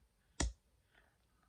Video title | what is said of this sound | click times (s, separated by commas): TRANSFORMERS LEGACY EVOLUTION BLUGEON,SKULLGRIN,BOMBBURST AND IGUANUS REVEIW | this part here. You'll feel it click. | 0.4 s